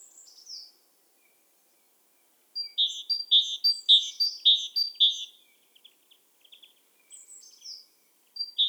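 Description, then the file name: Great tit uttering a rhythmic series of paired notes, high then lower, followed by scattered soft notes and a restart at the end. "Parus major"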